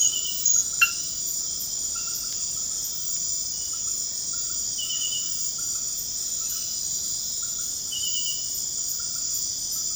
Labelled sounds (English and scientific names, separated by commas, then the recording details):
none
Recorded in pastures near Puerto Asís, Putumayo, Colombia, on 13 March 2025 at 00:00
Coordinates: 0.502, -76.324
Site GP07